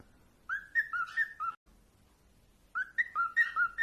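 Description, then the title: Cockatiel whistling: two bursts of clear whistled notes that alternate between a higher and a lower pitch, separated by about a second of silence. Several cockatiels singing, whistling. "Calopsitas Cantando Assobio"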